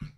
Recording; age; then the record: pig call; piglet (1 to 25 days)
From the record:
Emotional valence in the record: positive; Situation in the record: reunion after long isolation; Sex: female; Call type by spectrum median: low-frequency call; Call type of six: low-frequency tonal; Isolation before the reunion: 8 minutes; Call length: 0.18 s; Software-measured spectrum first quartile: 119 Hz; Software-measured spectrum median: 183 Hz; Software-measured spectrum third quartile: 481 Hz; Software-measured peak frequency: 155 Hz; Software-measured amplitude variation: 182 dB a second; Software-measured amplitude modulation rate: 16.5 a second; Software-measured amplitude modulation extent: 11.0 dB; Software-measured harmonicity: 4.7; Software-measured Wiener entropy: -0.60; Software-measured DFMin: 874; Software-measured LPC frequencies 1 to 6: 1398, 2213, 2807, 4324, 5418, 5755 Hz